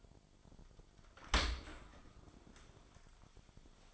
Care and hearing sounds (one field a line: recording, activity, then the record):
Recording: daily activity, microphone in the room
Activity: open dishwasher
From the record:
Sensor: 5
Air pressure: 1003.2 hPa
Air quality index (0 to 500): 133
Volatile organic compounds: 1 ppm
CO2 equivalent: 971 ppm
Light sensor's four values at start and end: 86/209/86/98 and 75/181/75/85